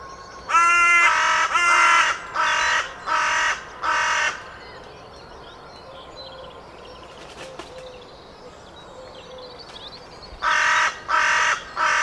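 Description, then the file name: Carrion crow calling a run of several loud rasping caws, a long pause, then a few more; light birdsong between bursts. "Corvus corone"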